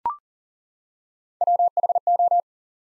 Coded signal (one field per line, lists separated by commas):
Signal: Morse code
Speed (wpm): 40 wpm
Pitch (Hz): 700 Hz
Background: none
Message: WHO